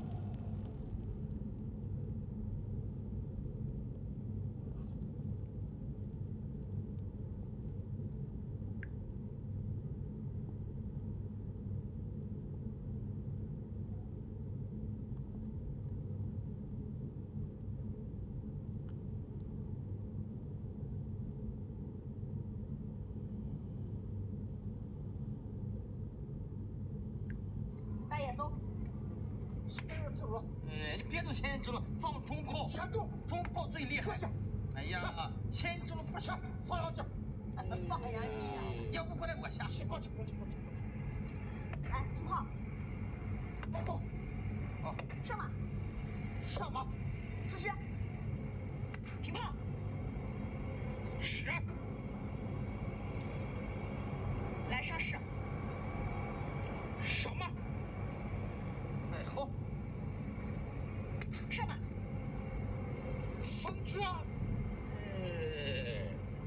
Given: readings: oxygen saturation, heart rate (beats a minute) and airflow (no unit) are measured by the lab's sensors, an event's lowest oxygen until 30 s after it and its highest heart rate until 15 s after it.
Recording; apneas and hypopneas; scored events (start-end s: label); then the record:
a person awake in a sleep study, by a smartphone at the bedside; none
0.00-66.47 s: awake
From the record:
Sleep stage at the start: awake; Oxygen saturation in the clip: 94 to 97%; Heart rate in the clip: 73 to 87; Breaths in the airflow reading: 13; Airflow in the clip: -6.3 to 6.6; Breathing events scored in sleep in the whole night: 131 in 7.2 hours asleep